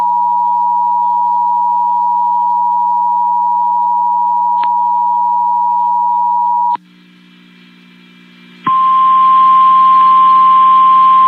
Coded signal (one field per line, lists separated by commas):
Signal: Emergency Alert System (SAME) tones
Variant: 853 and 960 Hz attention tone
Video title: Another Round Of Tests Tuesday (EAS #26029-26057) 4/15/25